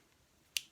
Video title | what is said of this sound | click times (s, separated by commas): Compare Flexcut Carvin Jack with Schrade Old Timer Splinter carving pocket tools | so when you do open this up you can hear it click into place so | 0.6 s